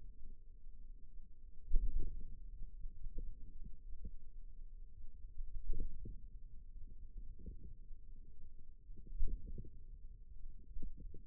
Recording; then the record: forearm muscle sounds (acoustic myography)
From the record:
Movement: inward rotation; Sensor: system 2, bracelet of six BSWA MPA416 microphones around the upper forearm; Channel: 4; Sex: female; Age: 22 years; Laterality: right